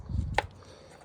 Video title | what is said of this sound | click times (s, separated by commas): 2013 Honda Civic replace ignition coils and spark plugs | clicked in place. | 0.4 s